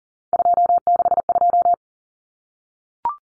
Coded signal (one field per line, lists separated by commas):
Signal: Morse code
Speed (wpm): 40 wpm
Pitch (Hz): 700 Hz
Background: none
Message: 262